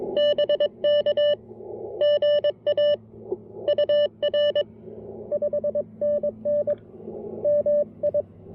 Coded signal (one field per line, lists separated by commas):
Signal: Morse code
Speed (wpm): 20 wpm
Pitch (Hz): 600 Hz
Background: none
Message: BK GA UR 5NN MI